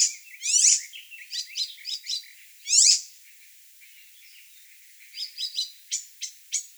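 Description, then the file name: Icterine warbler song in short high bursts: two loud harsh squeaks among quicker twittering notes, a pause, then thin clicking notes resume. "Hippolais icterina"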